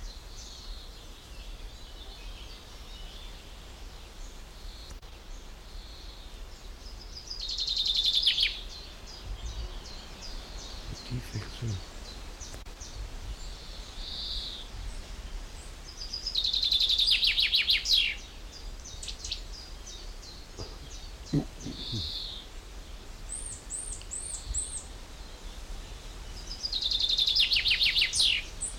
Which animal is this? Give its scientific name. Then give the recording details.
Fringilla coelebs. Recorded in the wild. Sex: male. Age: adult. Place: Blankenfelde, Tegeler Fließ, Berlin, DE. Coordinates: 52.645, 13.395. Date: 1992-05-30 11:40. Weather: sonnig, 19-23°C, böiger Wind. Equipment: Marantz CP 430, Sennheiser ME 80, K 30 AV, Kopie Tesla B 116. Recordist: Tembrock, Günter. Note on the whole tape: Wäldchen am Standrohr